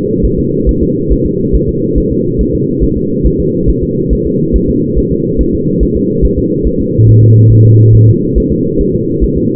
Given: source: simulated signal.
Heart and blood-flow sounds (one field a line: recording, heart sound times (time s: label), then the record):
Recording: fetal heart sounds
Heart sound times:
0.25 s: S1
0.39 s: S2
0.69 s: S1
0.83 s: S2
1.12 s: S1
1.26 s: S2
1.55 s: S1
1.69 s: S2
1.98 s: S1
2.12 s: S2
2.41 s: S1
2.55 s: S2
2.83 s: S1
2.97 s: S2
3.26 s: S1
3.40 s: S2
3.69 s: S1
3.83 s: S2
4.13 s: S1
4.27 s: S2
4.56 s: S1
4.70 s: S2
4.98 s: S1
5.12 s: S2
5.41 s: S1
5.55 s: S2
5.83 s: S1
5.97 s: S2
6.25 s: S1
6.38 s: S2
6.67 s: S1
6.80 s: S2
7.09 s: S1
7.23 s: S2
7.52 s: S1
7.66 s: S2
7.95 s: S1
8.09 s: S2
8.38 s: S1
8.52 s: S2
8.81 s: S1
8.95 s: S2
9.24 s: S1
9.38 s: S2
From the record:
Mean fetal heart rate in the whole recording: 140 bpm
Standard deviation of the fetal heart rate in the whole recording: 2 bpm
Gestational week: 34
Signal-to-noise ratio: -11.2 dB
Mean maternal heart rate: 72 bpm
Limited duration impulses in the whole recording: present